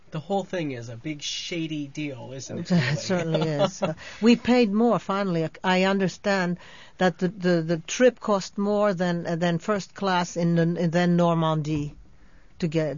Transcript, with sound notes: The whole thing is a big shady deal, isn't it?
It certainly is. (laughs) We paid more, finally. I understand that the trip cost more than first class on the Normandie to get.